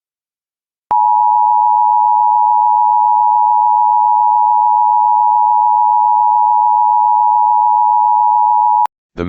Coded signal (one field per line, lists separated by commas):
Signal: Emergency Alert System (SAME) tones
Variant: 853 and 960 Hz attention tone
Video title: EAS Child Abduction Emergency (AMBER Alert) Carroll County, Maryland Statewide Alert